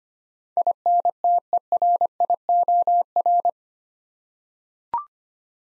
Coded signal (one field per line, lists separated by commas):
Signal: Morse code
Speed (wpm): 25 wpm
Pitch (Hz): 700 Hz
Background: none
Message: INTERIOR